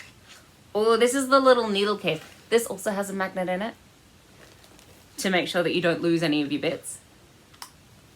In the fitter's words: and it clicks into place that's actually pretty sturdy so